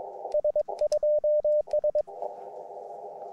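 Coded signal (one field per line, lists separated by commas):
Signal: Morse code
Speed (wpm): 23 wpm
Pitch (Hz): 620 Hz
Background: radio noise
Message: S2S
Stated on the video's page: Summits On The Air activation on a summit in New Mexico.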